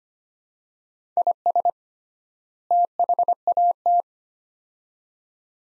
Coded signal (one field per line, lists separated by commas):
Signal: Morse code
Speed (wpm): 25 wpm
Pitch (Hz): 700 Hz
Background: none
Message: IS THAT